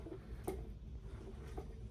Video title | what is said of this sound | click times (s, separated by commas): The Horizontal Zone | so it's kind of hard to steady it, but we're hear it click. Done. | 0.5 s